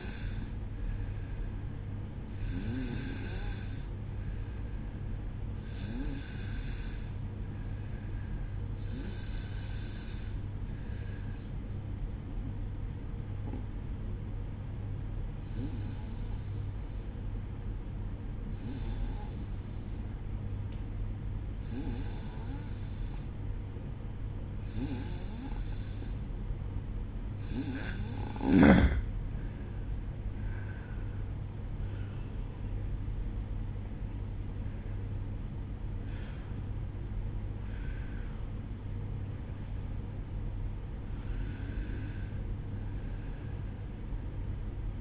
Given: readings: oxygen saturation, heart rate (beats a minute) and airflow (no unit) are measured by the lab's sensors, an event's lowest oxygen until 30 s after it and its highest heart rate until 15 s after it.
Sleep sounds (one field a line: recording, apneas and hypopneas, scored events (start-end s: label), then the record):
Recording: breathing in sleep by a smartphone at the bedside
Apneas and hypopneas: 1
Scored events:
6.00-28.00 s: hypopnea (N2, oxygen 94% highest, then 91% lowest, heart rate 60 at the start, 67 highest)
35.00-45.01 s: new sleep stage, N1 (lightest sleep)
From the record:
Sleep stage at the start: N2 (light sleep)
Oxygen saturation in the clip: 92 to 94%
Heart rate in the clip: 59 to 67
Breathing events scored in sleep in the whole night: 305 in 9.6 hours asleep